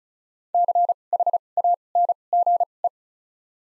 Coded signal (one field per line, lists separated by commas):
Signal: Morse code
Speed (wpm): 36 wpm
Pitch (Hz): 700 Hz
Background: none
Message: CHANGE